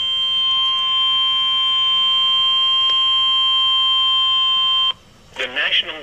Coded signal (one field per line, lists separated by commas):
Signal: Emergency Alert System (SAME) tones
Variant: 1050 Hz attention tone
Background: speech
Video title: Severe Thunderstorm Warning (EAS #354)